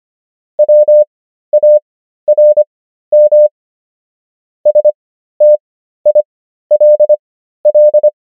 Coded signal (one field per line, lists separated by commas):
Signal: Morse code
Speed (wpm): 25 wpm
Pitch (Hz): 600 Hz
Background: none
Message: WARM STILL